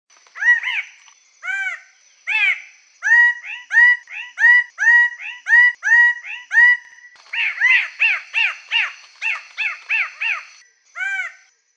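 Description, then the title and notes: Bird singing a steady series of repeated arching, slurred notes, shifting between phrase types, with a faint steady high whine throughout. "Kicau Burung Lengkap"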